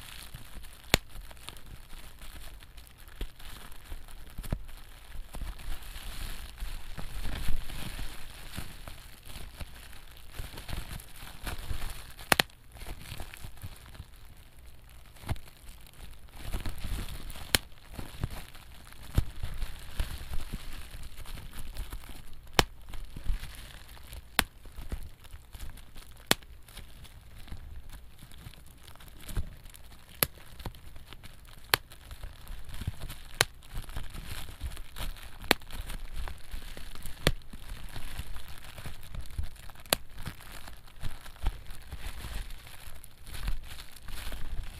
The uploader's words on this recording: Bubble Wrap ASMR satisfying crinkling and popping to give you tingles! (No talking). Featuring lots of crinkling and pops!